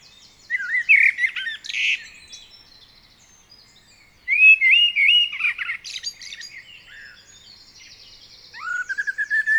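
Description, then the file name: Common blackbird singing mellow whistled phrases, each trailing into scratchy high twitters, with a fresh fluty phrase starting near the end. "Turdus merula"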